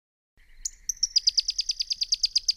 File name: suara panggilan burung pyrrhuloxia. omkicau